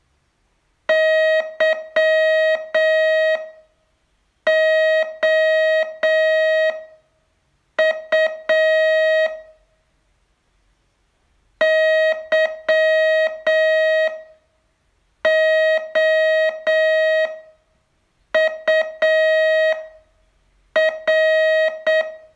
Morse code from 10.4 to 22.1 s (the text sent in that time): YOUR